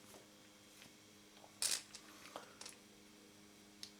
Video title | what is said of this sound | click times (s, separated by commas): How to re-lube the focus system in Leica-M ELMAR 1:2.8 / 50 Collapsible ver. | it's locked into place so it is so | 3.8 s